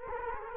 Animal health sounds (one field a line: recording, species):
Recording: mosquito wingbeat signal from an infrared sensor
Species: Culex quinquefasciatus